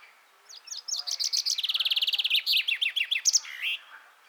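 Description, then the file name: Common chaffinch song: a quick run of sharp notes that speeds into a steady trill, then several louder chips and a closing slurred flourish. "Fringilla coelebs"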